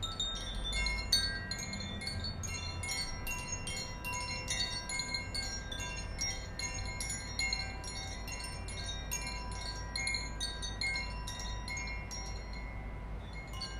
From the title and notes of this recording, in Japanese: コシチャイム。ザフィアチャイム。倍音。